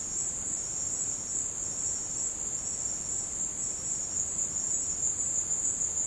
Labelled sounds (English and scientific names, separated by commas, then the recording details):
none
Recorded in secondary vegetation near Puerto Asís, Putumayo, Colombia, on 19 March 2025 at 15:30
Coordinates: 0.485, -76.322
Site G040